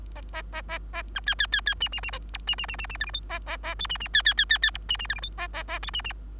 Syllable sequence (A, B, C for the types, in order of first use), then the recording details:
A A A A A B C C C C D D D A E D D D D D F G H A A A I D D C C C C C E D D F G H A A A I D D. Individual Bird3